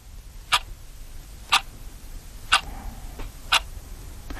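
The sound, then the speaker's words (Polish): A clock ticks steadily, four sharp, bright clicks spaced about a second apart over a low, quiet background hum, with no voices present. “Komu dzwoni budzik? Dla kogo chodzi ten zegar?”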